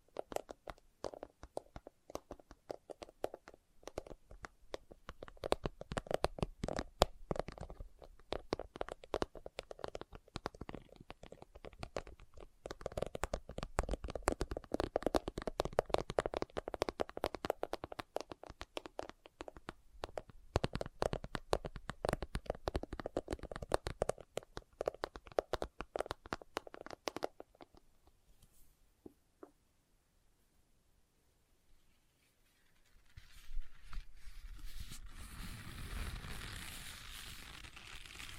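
Leather is tapped and scratched in quick, dense bursts of crisp clicks and rasps for most of the first half minute. The sound then drops to near silence with only a few scattered ticks, before a softer, steady rubbing hiss takes over at the end.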